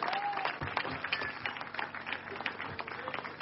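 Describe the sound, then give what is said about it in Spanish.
An audience at a Christian worship service breaks into sustained applause for Christ, dense overlapping claps forming a steady, loud wash of sound with a few faint voices and whistles mixed in. “Denle aplauso fuerte.”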